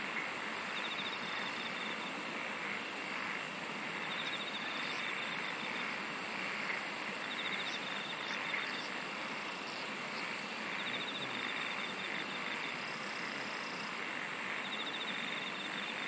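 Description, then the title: Insect chorus: short pulsed trills repeating high up at a steady rate, a steadier lower trill in stretches, all over a dense continuous hiss. "SINGING OF INSECTS"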